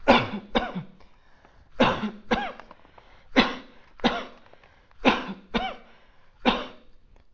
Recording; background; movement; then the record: voluntary coughing; quiet; sitting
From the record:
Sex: male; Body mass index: 20.6 kg/m2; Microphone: on the chest, facing outward